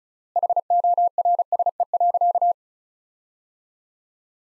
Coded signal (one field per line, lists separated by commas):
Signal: Morse code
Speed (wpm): 34 wpm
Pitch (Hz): 700 Hz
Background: none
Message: HORSE.